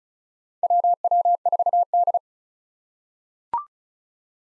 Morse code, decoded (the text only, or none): WW4D